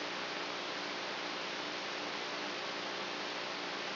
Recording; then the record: brain microelectrode recording played as sound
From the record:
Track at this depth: inside the subthalamic nucleus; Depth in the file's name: 3.004 mm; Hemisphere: right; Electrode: 3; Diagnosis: Parkinson's disease